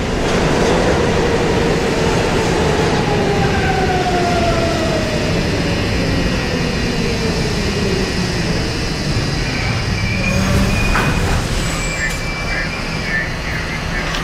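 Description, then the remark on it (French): A metro train, with Olof Palme and his wife riding inside the car, runs steadily on its rails, a loud continuous rumble with rattling and a few whining tones that slowly slide in pitch, holding the same level throughout. “Le conducteur du métro voit deux hommes suivre Olof Palme et sa femme à l'intérieur de la rame.”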